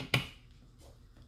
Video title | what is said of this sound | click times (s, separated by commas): FLIR E Series trigger repair | um if the silver bezel snaps back into place | 0.1 s